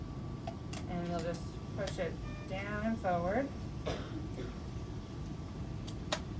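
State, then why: Seated. A scrub tech joins a surgical handpiece to the motor pack of an Aquablation Hydros system, with the gold cord centred, pushing it down and forward while someone talks. A sharp click at 6.1 s marks the handpiece seating in the motor pack.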